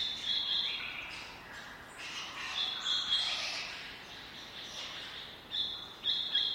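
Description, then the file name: Lyrebird squawks, harsh high rasping notes in a dense jumble. More than one lyrebird, squawking. "lyrebirds squaking"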